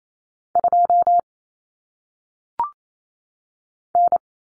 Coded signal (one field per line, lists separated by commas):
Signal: Morse code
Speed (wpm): 28 wpm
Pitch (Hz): 700 Hz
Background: none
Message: 2 N